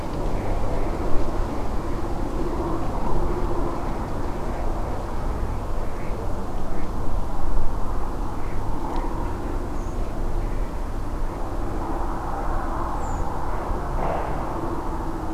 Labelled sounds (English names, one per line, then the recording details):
Redwing
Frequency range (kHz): Redwing 6.6-8.2 kHz
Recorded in France